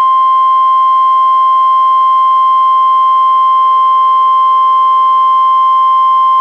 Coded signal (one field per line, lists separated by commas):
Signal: Emergency Alert System (SAME) tones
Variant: 1050 Hz attention tone